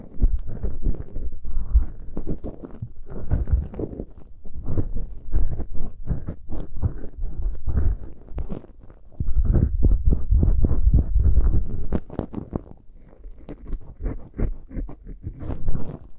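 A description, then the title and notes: Ear picking sounds as dense, scratchy crackles over low, muffled thumps, growing busier and louder around four seconds and again from nine to twelve. Pure ear picking, heartbeat simulation.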